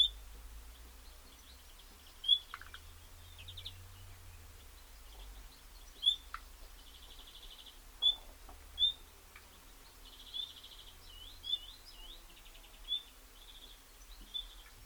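Common nightingale song: short sharp high notes and rapid buzzy trills at irregular intervals, with looping whistled phrases later on, over a low rumble.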